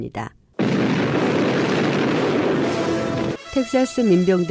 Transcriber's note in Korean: 녹취: 알라모 전투 효과음